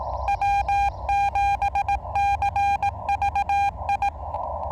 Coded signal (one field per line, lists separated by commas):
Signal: Morse code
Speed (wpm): 15 wpm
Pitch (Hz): 800 Hz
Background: none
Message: W7CVI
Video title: Morse Code POTA Activation... In My Underwear?!?